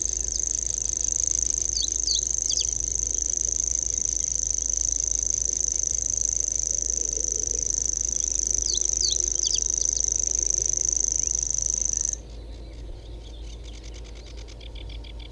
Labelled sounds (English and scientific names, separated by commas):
Common Grasshopper Warbler (Locustella naevia) song